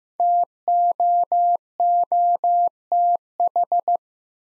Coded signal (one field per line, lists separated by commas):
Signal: Morse code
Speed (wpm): 15 wpm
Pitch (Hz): 700 Hz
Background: none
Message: TOOTH